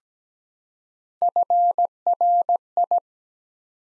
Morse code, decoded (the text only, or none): FRI